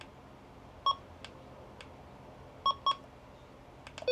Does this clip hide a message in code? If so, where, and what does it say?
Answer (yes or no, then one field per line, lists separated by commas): no